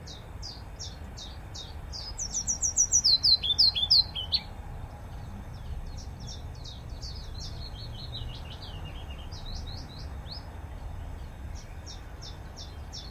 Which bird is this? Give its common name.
Willow Warbler